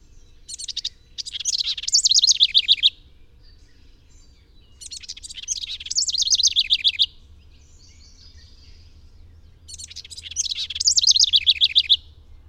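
Bird song, three bursts of high, rapid rattling trills with wavering twittered endings, separated by quiet gaps.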